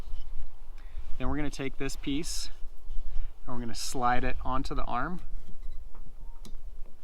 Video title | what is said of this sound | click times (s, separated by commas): Installing Wiper Blades on the FJ Cruiser | you hear a little click | 6.5 s